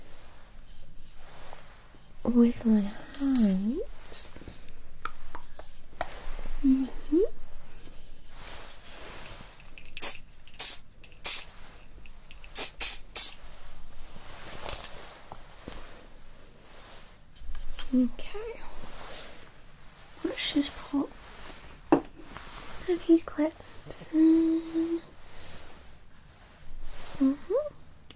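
Hair salon sounds with scattered bursts of talking, short hissy sprays and clicks, and a low steady hum running underneath throughout.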